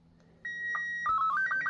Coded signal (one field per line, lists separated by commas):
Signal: SSTV (slow-scan television)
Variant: Robot 36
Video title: SSTV - Easy , VGC N76